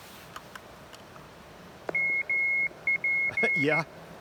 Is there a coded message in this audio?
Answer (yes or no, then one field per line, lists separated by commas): yes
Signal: Morse code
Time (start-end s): 1.9-3.8 s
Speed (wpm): 14 wpm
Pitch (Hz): 2150 Hz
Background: speech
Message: MP